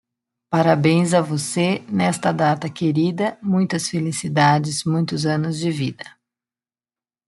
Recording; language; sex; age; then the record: short text; Brazilian Portuguese; female; 40 to 49 years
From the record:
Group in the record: control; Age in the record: 47 years